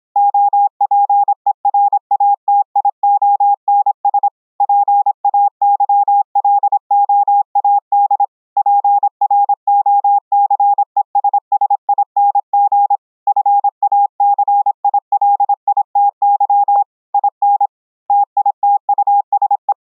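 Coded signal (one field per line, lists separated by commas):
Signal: Morse code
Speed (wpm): 26 wpm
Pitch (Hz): 810 Hz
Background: none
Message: OPERATIONS PAYLOAD PROCESSING FACILITY IN TITUSE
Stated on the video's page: Live CW contact among four operators, sent over the internet through a Discord voice chat server.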